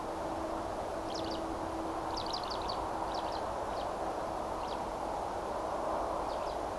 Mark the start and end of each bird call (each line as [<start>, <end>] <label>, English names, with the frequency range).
[1.08, 1.37] Eurasian Skylark (2.6-7.5 kHz)
[2.09, 2.75] Eurasian Skylark (2.5-7.1 kHz)
[3.06, 3.39] Eurasian Skylark (2.7-6.4 kHz)
[3.69, 3.84] Eurasian Skylark (2.5-5.8 kHz)
[4.60, 4.76] Eurasian Skylark (2.5-6.1 kHz)
[6.26, 6.53] Eurasian Skylark (2.5-6.5 kHz)